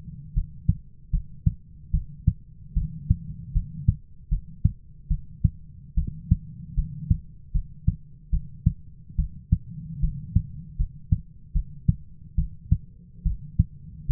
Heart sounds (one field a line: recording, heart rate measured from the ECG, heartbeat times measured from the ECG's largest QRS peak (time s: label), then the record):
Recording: heart sounds by stethoscope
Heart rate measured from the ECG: 74 bpm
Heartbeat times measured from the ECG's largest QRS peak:
0.34 s: heartbeat
1.11 s: heartbeat
1.92 s: heartbeat
2.74 s: heartbeat
3.53 s: heartbeat
4.29 s: heartbeat
5.09 s: heartbeat
5.95 s: heartbeat
6.75 s: heartbeat
7.53 s: heartbeat
8.31 s: heartbeat
9.17 s: heartbeat
10.01 s: heartbeat
10.77 s: heartbeat
11.53 s: heartbeat
12.36 s: heartbeat
13.24 s: heartbeat
14.07 s: heartbeat
From the record:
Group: healthy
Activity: rest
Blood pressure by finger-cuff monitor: 134/80 mmHg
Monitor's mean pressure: 99 mmHg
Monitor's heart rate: 75 bpm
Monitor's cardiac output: 6.9 L/min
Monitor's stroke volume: 93 mL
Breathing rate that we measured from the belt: 17 breaths a minute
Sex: female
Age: 22 years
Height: 161 cm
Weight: 65.5 kg